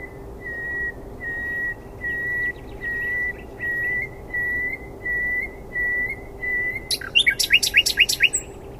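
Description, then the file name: Common nightingale song opening with a long series of pure, even whistles on one pitch, ending in a sudden fast rattling trill. "Luscinia megarhynchos"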